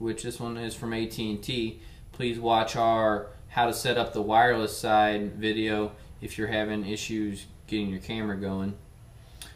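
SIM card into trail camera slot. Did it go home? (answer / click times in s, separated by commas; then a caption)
yes / 9.4 s. Someone talks for most of the clip while an AT&T SIM card is pushed into the side slot of an HCO UM562 wireless trail camera. After the talking stops, a short, sharp tick is heard at 9.4 s as the card seats in the slot.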